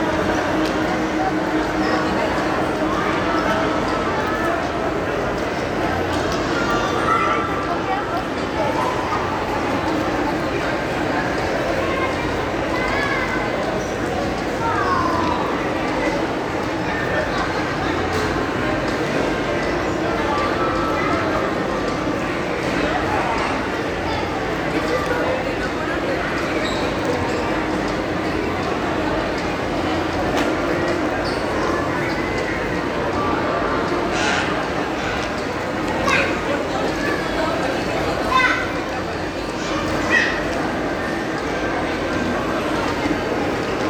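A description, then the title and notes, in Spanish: A mall food court hums with dense, steady overlapping chatter, occasional clattering dishes and footsteps, and brief sharper knocks scattered throughout. Patio de comidas de un centro comercial en el distrito de San Miguel.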